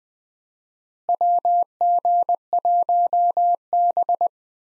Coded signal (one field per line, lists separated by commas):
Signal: Morse code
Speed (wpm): 20 wpm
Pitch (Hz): 700 Hz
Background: none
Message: WG1B